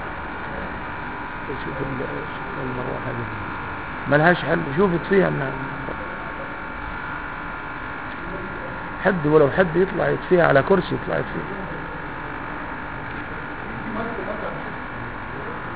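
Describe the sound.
An electric fan hums steadily throughout, a constant buzzing drone with a faint tonal whine, while a man speaks over it in two short bursts.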